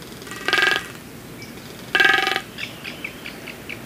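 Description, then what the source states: Magnificent Frigatebird beak tapping against its throat pouch: two rapid rattling drum bursts about one and a half seconds apart, followed by faint short chattering notes over steady background noise. Males inflate a red throat pouch in mating season to attract females and tap their beak against it, making a distinct sound; recorded on Seymour Island, Galápagos.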